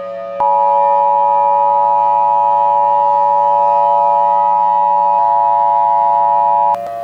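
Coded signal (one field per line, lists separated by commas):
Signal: Emergency Alert System (SAME) tones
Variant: 853 and 960 Hz attention tone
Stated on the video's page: Fictional EAS scenario about hostile aliens, not a real alert.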